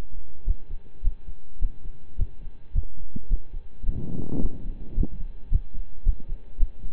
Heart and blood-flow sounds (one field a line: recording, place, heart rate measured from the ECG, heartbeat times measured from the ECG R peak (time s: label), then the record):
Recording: heart sounds by stethoscope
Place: between the tricuspid and mitral areas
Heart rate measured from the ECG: 108 bpm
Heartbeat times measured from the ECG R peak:
0.44 s: heartbeat
1.02 s: heartbeat
1.59 s: heartbeat
2.16 s: heartbeat
2.72 s: heartbeat
3.28 s: heartbeat
3.83 s: heartbeat
4.39 s: heartbeat
4.95 s: heartbeat
5.49 s: heartbeat
6.03 s: heartbeat
6.57 s: heartbeat
From the record:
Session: slow and fast walking with breaks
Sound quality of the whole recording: saturated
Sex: male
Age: 25 years